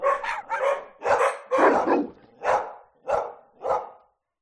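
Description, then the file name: Dogs barking, a series of loud, harsh barks in quick succession. Many dogs of various kinds barking. "zapsplat animals dogs lots various barking"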